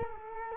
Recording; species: mosquito wingbeat signal from an infrared sensor; Culex quinquefasciatus